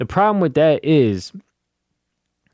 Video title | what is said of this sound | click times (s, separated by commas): FN 509 Tactical - Newbie | it doesn't lock in so | none